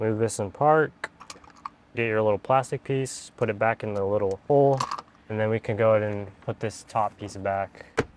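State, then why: Not seated. Someone talks while handling a plastic top dash trim panel and a small plastic piece during an Xtrons 10.1-inch touchscreen install in a 2003-2007 Honda Accord dashboard. A few light plastic taps and knocks are heard around 1.2 to 1.7 seconds. Nothing has seated or clicked into place yet.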